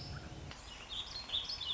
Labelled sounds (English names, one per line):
Warbling Vireo